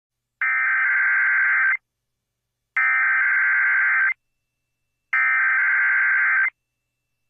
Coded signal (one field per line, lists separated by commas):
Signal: Emergency Alert System (SAME) tones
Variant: header bursts